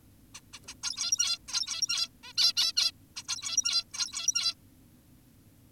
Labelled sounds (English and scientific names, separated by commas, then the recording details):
Zebra Finch (Taeniopygia guttata)
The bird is an adult
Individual g17y2U